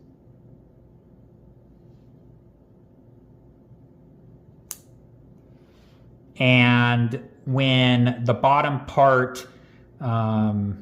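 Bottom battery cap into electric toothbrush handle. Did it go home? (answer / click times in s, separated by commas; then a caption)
yes / 4.7 s. The bottom cap of the AAA battery compartment on a Philips One by Sonicare battery toothbrush is twisted onto the handle until its two filled-in circle marks line up. Over a quiet, low background hum, the cap locks home with a single sharp click at 4.7 s. Afterward someone talks.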